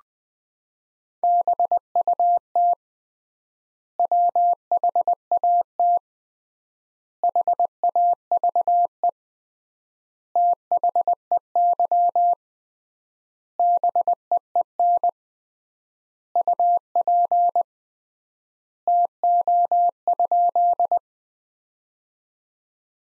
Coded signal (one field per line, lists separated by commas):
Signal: Morse code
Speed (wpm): 20 wpm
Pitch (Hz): 700 Hz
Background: none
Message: BUT WHAT HAVE THEY BEEN UP TO?